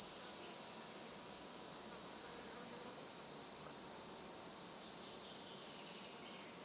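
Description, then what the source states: Red cicada producing a constant, loud, hissing buzz that holds steady from start to finish. 22 June 2020, 11:10, roadside between Luc and Châtillon-en-Diois, France, end of spring; a hesitant start is typical of its song, which then builds to powerful cymbalisation; Nagra LB, MKH20 omni.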